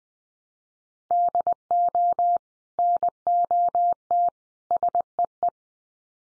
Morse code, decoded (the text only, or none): DO NOT SEE